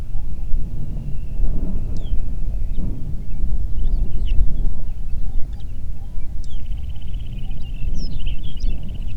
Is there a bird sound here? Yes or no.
yes